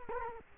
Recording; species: mosquito wingbeat signal from an infrared sensor; Culex quinquefasciatus